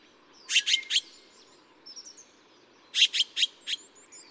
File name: 台灣藍鵲